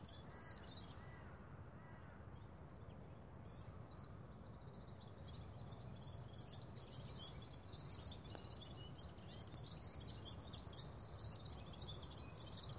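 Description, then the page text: Red-fronted serin singing a fast, high twittering jumble of thin notes that runs on continuously, with steady low background rumble. Recorded in Ladakh. "red fronted serin – Birds of Ladakh"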